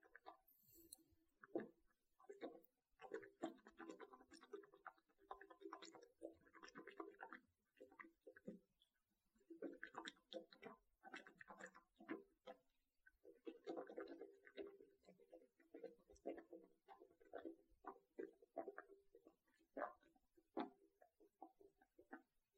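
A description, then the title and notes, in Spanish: Someone brushes their teeth, a busy wet scrubbing in quick irregular strokes with soft mouth and water sounds. The scrubbing pauses briefly around 8 and 13 seconds, then resumes in rapid bursts until the end. ASMR Cepillo mis dientes. Sonidos de cepillo, agua, y boca.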